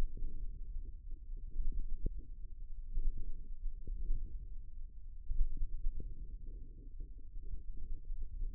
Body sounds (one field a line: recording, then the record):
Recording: forearm muscle sounds (acoustic myography)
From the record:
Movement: forearm pronation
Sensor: system 1, eight BSWA MPA416 microphones around the upper forearm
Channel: 8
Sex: male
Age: 54 years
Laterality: right